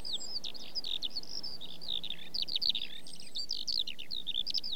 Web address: The BBC Sound Effects Library - Complete 60 CDs Collection Sound Effects Library-12 (British Birds) 17 Skylark